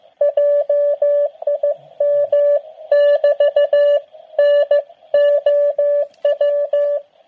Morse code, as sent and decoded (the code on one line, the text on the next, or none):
.--- .. -- -...- / -. --- .--
JIM<BT> NOW